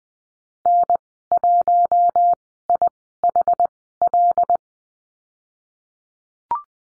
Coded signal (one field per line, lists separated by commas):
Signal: Morse code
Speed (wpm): 20 wpm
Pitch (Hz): 700 Hz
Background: none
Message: N1IHL